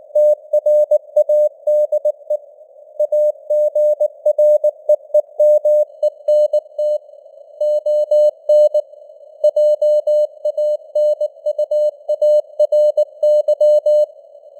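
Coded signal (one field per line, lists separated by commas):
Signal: Morse code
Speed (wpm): 19 wpm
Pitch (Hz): 600 Hz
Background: none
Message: TRADE AGREEMENT ON JANUARY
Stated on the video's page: News headlines in Morse at 19 wpm with simulated radio noise and varying signal strength (QSB).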